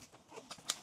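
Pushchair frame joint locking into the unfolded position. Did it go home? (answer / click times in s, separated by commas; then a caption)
yes / 0.7 s. While a QPlay T18 cabin-approved pushchair is being unfolded, a frame part is pushed into position with soft shuffling and a smaller knock at 0.5 s. Its frame joint lock then engages with a sharp click at 0.7 s, locking the stroller into the unfolded position.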